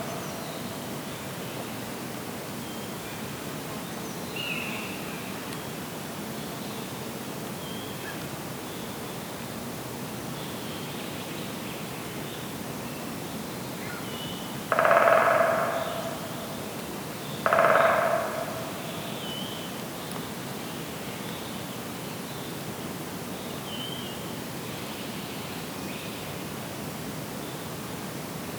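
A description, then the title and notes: Woodpeckers drum in two short bursts near fifteen and seventeen seconds over a steady outdoor hiss, with faint higher calls scattered throughout. Woodpeckers in the Distance.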